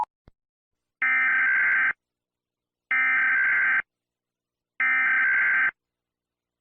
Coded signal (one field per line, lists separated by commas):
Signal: Emergency Alert System (SAME) tones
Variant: header bursts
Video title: EAS Scenario - The Great Earthquake (Part 4)